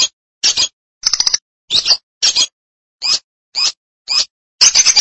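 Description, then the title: Lovebird chirps: a series of short harsh high squeaky notes, some rattled, about two per second. "BM Suara Burung Lovebird"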